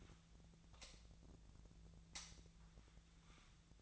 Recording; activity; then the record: daily activity, microphone in the room; light on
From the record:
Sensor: 3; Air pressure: 1009.7 hPa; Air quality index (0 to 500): 191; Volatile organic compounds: 15 ppm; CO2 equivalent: 2484 ppm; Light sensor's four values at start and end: 38/96/41/44 and 45/119/50/51